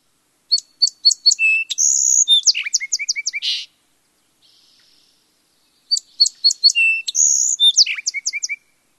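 Song sparrow singing two songs: a few sharp introductory notes, a bright buzzy phrase, then quicker lower notes, with a pause between songs.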